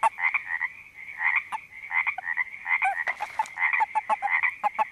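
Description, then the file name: Frog chorus of many overlapping croaking calls, dense raspy pulses repeating rapidly without pause, several callers at once. Creek frogs recorded at a creek in Panoche Valley, California, in 2008. "02-04-08-Panoche Valley CA Creek Frogs"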